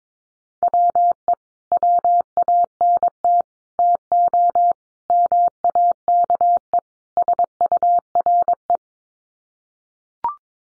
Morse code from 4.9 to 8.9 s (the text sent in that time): MAKE SURE